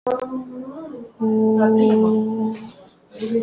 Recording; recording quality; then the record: sustained vowel as in boot; moderate, slight background noise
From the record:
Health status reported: healthy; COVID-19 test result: negative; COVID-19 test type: RT-PCR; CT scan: not taken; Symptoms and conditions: none ticked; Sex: female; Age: 22 years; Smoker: no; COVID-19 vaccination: both doses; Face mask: worn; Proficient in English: yes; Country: India